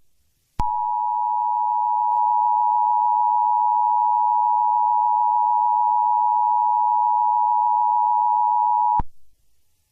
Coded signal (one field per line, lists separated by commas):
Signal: Emergency Alert System (SAME) tones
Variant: 853 and 960 Hz attention tone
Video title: (joke) EAS Scenario #20: Frickin bimbos...